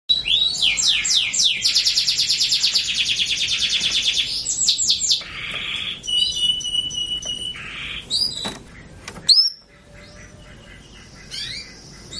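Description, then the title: Canary song with a long fast rattling trill, then varied rolls, buzzy phrases and whistled notes, and a loud sharp chirp near nine seconds. Said to be a female canary in heat; used to stimulate Belgian canaries and as therapy for canaries that stopped singing. "Canto Para Esquentar Canário Belga. Pancingan suara kenari betina birahi untuk TERAPI KENARI MACET bunyi"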